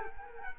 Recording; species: mosquito wingbeat signal from an infrared sensor; Culex quinquefasciatus